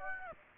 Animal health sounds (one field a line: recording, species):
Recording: mosquito wingbeat signal from an infrared sensor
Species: Aedes aegypti